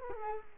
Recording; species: mosquito wingbeat signal from an infrared sensor; Culex quinquefasciatus